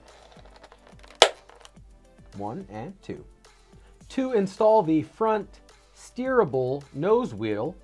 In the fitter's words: and turn until it locks into place